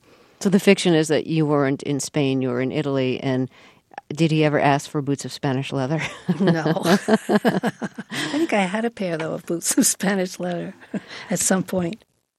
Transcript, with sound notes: So the fiction is that you weren't in Spain, you were in Italy. And did he ever ask for boots of Spanish leather?
No.
(LAUGHTER)
I think I had a pair, though, of boots of Spanish leather at some point.